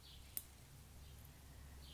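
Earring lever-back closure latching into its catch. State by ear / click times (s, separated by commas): seated / 0.4 s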